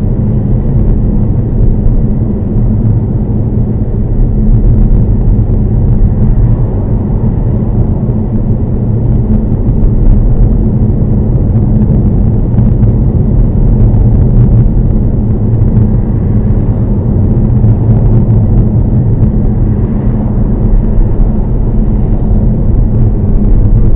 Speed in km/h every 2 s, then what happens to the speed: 37, 37, 34, 35, 40, 39, 39, 37, 37, 39, 39, 37.
0-5 steady at about 37. 5-8 speeds up to 40. 8-24 steady at about 39.